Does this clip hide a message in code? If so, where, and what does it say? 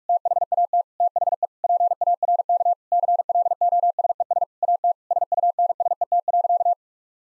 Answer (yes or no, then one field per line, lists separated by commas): yes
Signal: Morse code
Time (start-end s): 0.1-6.7 s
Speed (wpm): 46 wpm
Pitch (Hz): 700 Hz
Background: none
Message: THAT THE PARK CLOSES AT SUNSET.